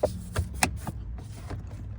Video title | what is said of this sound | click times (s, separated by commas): How to Install a Starlink/Toyota Connect DCM Delete - GR86 / BRZ | just snaps into place | 0.6 s